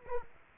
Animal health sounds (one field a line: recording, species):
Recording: mosquito wingbeat signal from an infrared sensor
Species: Culex quinquefasciatus